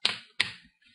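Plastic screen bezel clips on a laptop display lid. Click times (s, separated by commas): 0.0 s, 0.4 s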